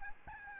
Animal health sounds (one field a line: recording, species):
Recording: mosquito wingbeat signal from an infrared sensor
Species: Aedes albopictus